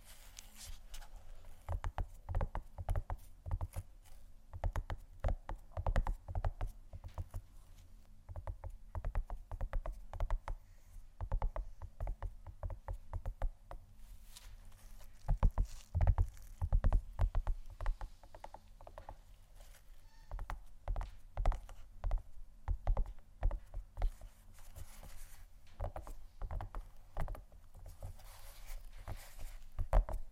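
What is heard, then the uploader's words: Gentle tapping in a loose assortment, with quick clusters of soft taps that run nearly continuously through the half minute. The taps are mostly low and muffled, with a few brighter, sharper hits, and they grow louder and denser around sixteen seconds. ASMR Gentle Tapping Assortment (No Talking).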